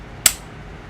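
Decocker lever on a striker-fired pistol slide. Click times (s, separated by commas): 0.3 s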